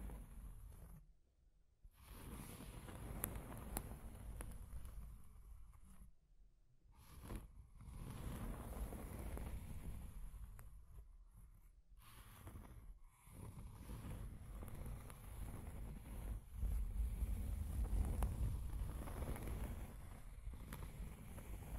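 Scratching and tracing sounds: long, rough rubbing strokes with a heavy low rumble underneath and a faint hiss on top. Brief pauses break the motion near 1.5, 6.5 and 12 seconds, and the scraping grows louder and coarser around 17 seconds.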